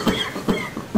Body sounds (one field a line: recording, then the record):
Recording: coughing mixed with background sound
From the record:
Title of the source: Spring Allergy Coughing